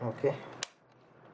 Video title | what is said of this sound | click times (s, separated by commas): AD200 Pro Light ல அப்படி என்ன இருக்கு..! | உள்ளே தள்ளிட்டோன்னா இது போய் லாக் ஆகிடும். | 0.6 s